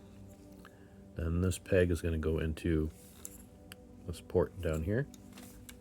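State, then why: Not seated. A plastic peg on the drill section of a transforming combiner robot toy is handled near the port it will be pushed into, with faint plastic handling ticks around 3.3 s and 3.7 s while someone talks. Nothing has seated or clicked yet.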